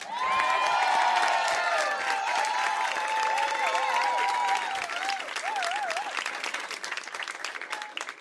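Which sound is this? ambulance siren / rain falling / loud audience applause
loud audience applause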